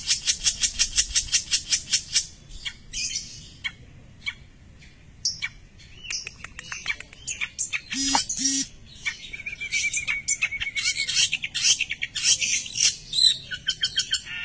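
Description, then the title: Long-tailed shrike song, a varied medley of quick high chirps, harsh scratchy notes and a thin sustained whistle, delivered in irregular rushing bursts. "Cendet"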